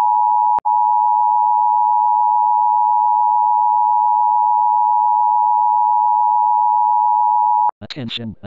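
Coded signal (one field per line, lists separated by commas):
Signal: Emergency Alert System (SAME) tones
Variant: 853 and 960 Hz attention tone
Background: speech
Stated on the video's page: Simulated tsunami warning scenario for the South Pacific following a hypothetical strong earthquake.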